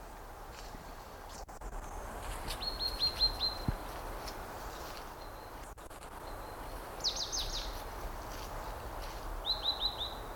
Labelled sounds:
Great Tit (Parus major)
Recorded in the wild
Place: Blankenfelde, Berlin, DE
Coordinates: 52.63, 13.4
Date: 1991-10-06 12:51
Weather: sonnig, Schatten: 25,3 °C, Sonne: 30,4 °C
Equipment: Marantz CP 430, Sennheiser ME 80, K 30 AV, Kopie Tesla B 116
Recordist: Tembrock, Günter

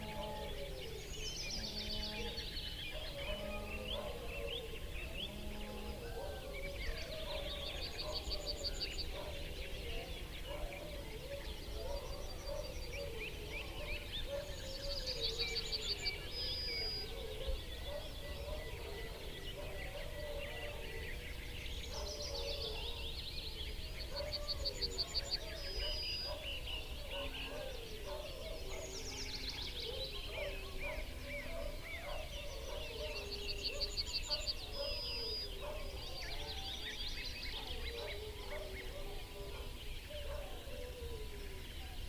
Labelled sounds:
Willow Warbler (Phylloscopus trochilus) song
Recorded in the wild
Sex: male
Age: adult
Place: Schönow, Naturpark Barnim, Brandenburg, DE
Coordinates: 52.6939, 13.5044
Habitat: wood
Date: 2005-05-01
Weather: clear, 10°C, no wind
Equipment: Edirol R-4, Sennheiser MKH 70, Windschutz
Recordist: Frommolt, Karl-Heinz

